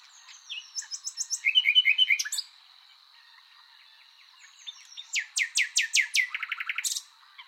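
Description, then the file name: Common nightingale song with varied phrases: quick high notes, a pause, then a run of loud downslurred whistles ending in a fast rattling trill. "Luscinia megarhynchos"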